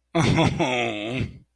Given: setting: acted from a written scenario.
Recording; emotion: vocal sound without words; guilt